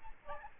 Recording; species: mosquito wingbeat signal from an infrared sensor; Aedes albopictus